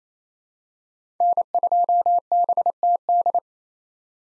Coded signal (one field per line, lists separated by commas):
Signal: Morse code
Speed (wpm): 28 wpm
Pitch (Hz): 700 Hz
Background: none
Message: N2BTD